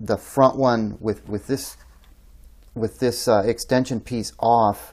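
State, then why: Not seated. Someone talks while pushing the front flip cap of a rubber Tango Down IO T1 cover onto a Primary Arms MD-AD red dot sight with the extension piece removed. In the pause between words, faint handling ticks are heard around 2.0 to 2.6 seconds. Nothing has snapped on yet: the cap fails to seat because the sight's larger dimensions stretch the cover.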